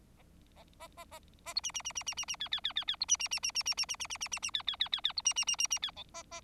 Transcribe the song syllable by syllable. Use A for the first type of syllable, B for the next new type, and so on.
A A A A A B C C C C C C C D D D D D B C C C C C C C C C C C C C D D D D D B C C C C C D E A A